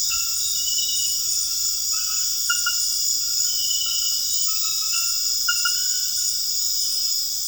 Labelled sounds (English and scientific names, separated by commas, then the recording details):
none
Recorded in dense forest near Puerto Asís, Putumayo, Colombia, on 4 March 2025 at 23:00
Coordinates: 0.484, -76.325
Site G045